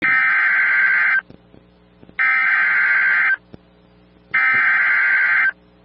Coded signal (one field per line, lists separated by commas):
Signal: Emergency Alert System (SAME) tones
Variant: header bursts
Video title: Severe Thunderstorm Warning (4/17/26) [EAS #392]